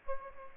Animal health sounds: mosquito wingbeat signal from an infrared sensor; Aedes aegypti

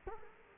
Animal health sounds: mosquito wingbeat signal from an infrared sensor; Culex quinquefasciatus

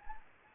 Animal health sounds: mosquito wingbeat signal from an infrared sensor; Anopheles gambiae

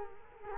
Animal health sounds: mosquito wingbeat signal from an infrared sensor; Culex quinquefasciatus

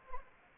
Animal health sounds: mosquito wingbeat signal from an infrared sensor; Anopheles arabiensis

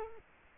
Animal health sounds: mosquito wingbeat signal from an infrared sensor; Culex quinquefasciatus

